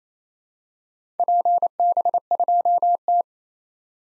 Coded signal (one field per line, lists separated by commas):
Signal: Morse code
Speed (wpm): 28 wpm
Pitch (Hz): 700 Hz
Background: none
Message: PB2T